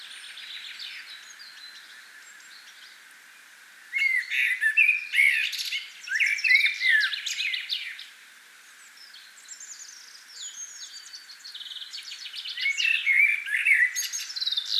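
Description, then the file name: Common blackbird delivering a few warbled phrases with squeaky high flourishes, with fainter high sounds in the gaps. "Turdus merula"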